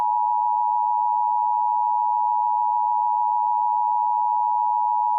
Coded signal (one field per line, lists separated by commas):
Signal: Emergency Alert System (SAME) tones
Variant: 853 and 960 Hz attention tone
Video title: The End Of The World - EAS Scenario